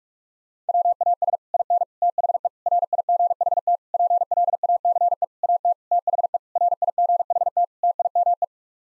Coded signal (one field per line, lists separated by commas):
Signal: Morse code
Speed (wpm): 47 wpm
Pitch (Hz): 700 Hz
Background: none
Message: WAS IN THE RIGHT PLACE AT THE RIGHT TIME